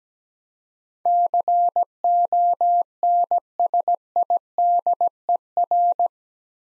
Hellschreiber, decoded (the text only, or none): none